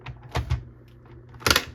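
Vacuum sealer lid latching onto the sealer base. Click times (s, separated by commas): 1.5 s, 1.6 s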